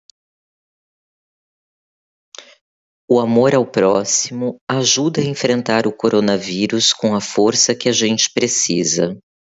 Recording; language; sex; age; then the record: spoken sentence; Brazilian Portuguese; female; 50 to 59 years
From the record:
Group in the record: control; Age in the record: 50 years